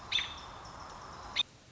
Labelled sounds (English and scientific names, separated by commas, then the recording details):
American Robin (Turdus migratorius)
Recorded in Sonoma County, California